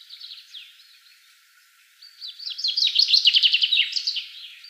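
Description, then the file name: Common chaffinch song: soft introductory notes, then a lively run of ringing notes descending in pitch and finishing with a short terminal flourish. "Fringilla coelebs"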